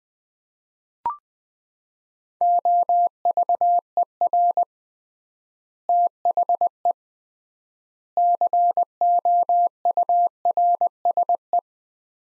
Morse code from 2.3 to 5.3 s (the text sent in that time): OVER